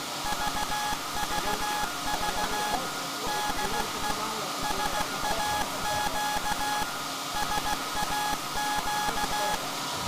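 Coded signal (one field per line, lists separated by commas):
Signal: Morse code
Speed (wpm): 15 wpm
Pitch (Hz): 840 Hz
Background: none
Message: VVV DE SAQ SAQ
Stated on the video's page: Anniversary Morse transmission from the pre-electronic Alexanderson alternator VLF transmitter SAQ at Grimeton, built 1924, sent live.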